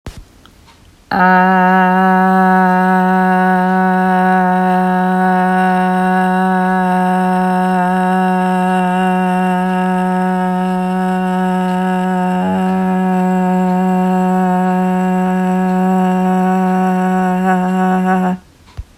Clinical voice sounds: sustained vowel /a/; female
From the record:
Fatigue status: fatigue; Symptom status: symptomatic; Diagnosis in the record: COVID-19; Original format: m4a

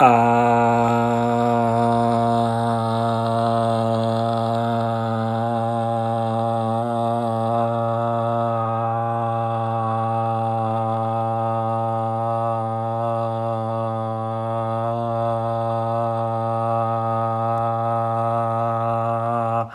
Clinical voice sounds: sustained vowel /a/; male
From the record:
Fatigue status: no fatigue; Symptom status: symptomatic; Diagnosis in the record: COVID-19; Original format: m4a

